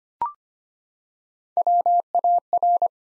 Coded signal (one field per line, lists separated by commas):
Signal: Morse code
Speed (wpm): 25 wpm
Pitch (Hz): 700 Hz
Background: none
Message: WAR